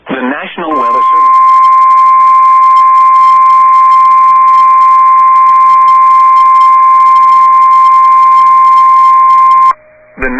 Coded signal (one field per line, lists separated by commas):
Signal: Emergency Alert System (SAME) tones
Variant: 1050 Hz attention tone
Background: speech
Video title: FREE APPLEBEES Part 1 EAS Alerts From 11-10-21 EAS #1-6